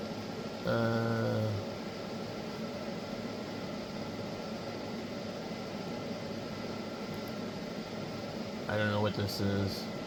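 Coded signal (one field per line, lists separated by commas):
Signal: FT8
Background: speech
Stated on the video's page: FT8 on the 10 m band.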